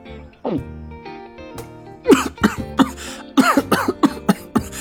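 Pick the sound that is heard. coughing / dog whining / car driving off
coughing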